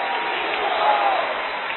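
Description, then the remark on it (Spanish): An audience in a church breaks into loud, sustained applause, a dense steady wash of many hands clapping at once that holds at an even level for a couple of seconds. “Den un aplauso fuerte, Señor.”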